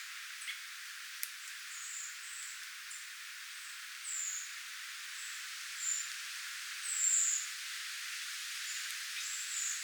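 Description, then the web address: Redwing calls, several thin high seeping notes spaced a second or two apart, the loudest near seven seconds, over constant hiss with a few faint clicks. Redwings near a bird tower, 8 September 2026. "paivat 8 9 2026 punakylkirastaita lintutornin lahella"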